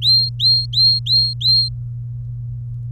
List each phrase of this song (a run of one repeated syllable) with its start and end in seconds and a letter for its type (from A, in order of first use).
0.02-1.69 A